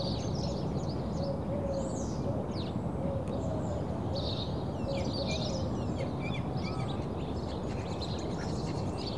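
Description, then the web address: Birds singing with scattered high chirps and a soft low cooing phrase repeated in the first half, steady rumble underneath. Suburban birds in early morning. "BBC Sound Effects Library - Suburbia Early Morning Suburban Birds"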